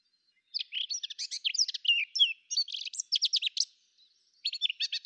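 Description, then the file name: Eurasian blackcap song: a quick, varied warble of sharp chirps and twisting notes, broken by a short pause, then a fresh burst near the end. "Sylvia atricapilla"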